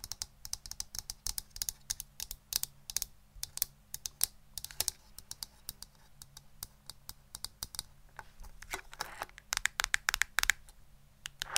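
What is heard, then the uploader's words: Crisp tapping that sounds like quick keystrokes, with sharp bright clicks arriving in irregular bursts and short pauses. The taps grow denser and faster toward the end, around nine to eleven seconds. A faint low hum sits steadily underneath throughout. ASMR Best Tapping For ULTIMATE Brain Tingles (No Talking).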